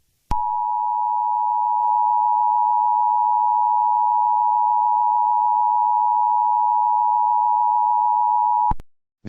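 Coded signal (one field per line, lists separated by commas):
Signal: Emergency Alert System (SAME) tones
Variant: 853 and 960 Hz attention tone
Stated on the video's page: Fictional EAS scenario.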